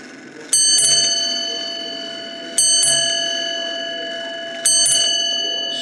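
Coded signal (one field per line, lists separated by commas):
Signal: ship's bell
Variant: ship's bell clock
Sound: clock bell rings three pairs of strikes, six in all, each ringing out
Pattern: 2-2-2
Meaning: Six bells marks the third hour of a four-hour watch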